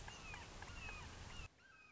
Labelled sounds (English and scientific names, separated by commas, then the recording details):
Red-shouldered Hawk (Buteo lineatus)
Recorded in Sonoma County, California